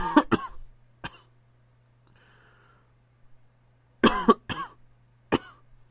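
An adult coughing: a quick pair of sharp coughs, a single cough a moment later, then after a quiet pause another burst of two to three coughs followed by two more single coughs, over a low steady background hum.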